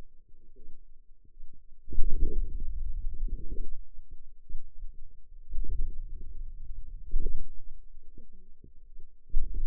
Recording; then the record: forearm muscle sounds (acoustic myography)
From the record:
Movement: hand opening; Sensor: system 2, bracelet of six BSWA MPA416 microphones around the upper forearm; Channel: 5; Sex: female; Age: 21 years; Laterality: right